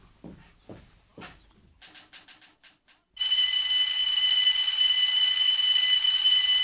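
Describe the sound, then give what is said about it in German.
A few scattered knocks and clatters, then a loud, piercing burglar alarm bell starts ringing continuously, a steady high-pitched metallic ring that keeps going without a break. “Verdammte Alarmanlage. Hoffentlich kommt bald der Besitzer, um das Ding abzustellen.”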